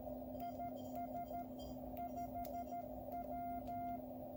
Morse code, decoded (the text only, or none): IS 5W